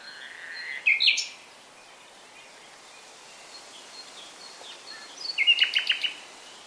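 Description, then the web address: Common nightingale giving a short loud whistled phrase, then quiet, then a quick stuttering series of clipped repeated notes. "SETE data Luscinia megarhynchos"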